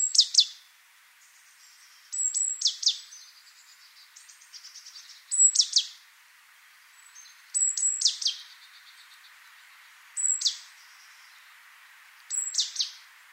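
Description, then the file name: Great tit giving repeated calls, a high thin note then quick downslurred notes, in several bursts, faint twittering behind. "Parus major"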